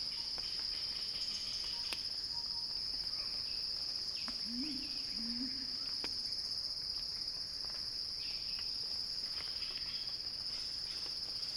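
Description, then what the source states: Insistent high cicada drone, unchanging in pitch, with a faint pulsing upper band, a few clicks and a short low double call. Cicadas heard in a crescendo; recorded by Axel Drioli.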